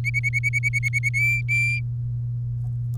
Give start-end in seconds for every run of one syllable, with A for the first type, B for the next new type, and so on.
0.04-1.09 A, 1.14-1.80 B